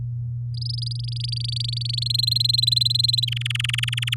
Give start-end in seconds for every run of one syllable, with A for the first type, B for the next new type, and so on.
0.54-2.08 A, 2.10-3.25 B, 3.27-4.14 C